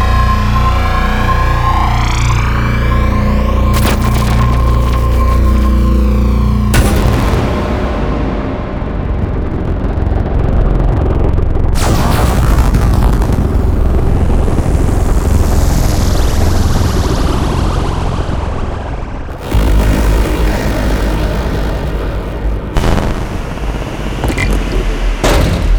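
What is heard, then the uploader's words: Dense, loud layered drone with heavy low rumble, shifting metallic tones, and abrupt cuts and impacts near 4, 7, 12, 19, and 23 seconds. Evolving soundscapes, multi-layered atmospheres, abstract tonal pads, deep drones, dynamic impacts, disturbing transitions, Acid synth textures and unusual Trailer sound effects.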